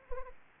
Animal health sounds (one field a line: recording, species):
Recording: mosquito wingbeat signal from an infrared sensor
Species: Anopheles arabiensis